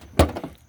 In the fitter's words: So, we can start to pull this a little bit like that till it snaps out.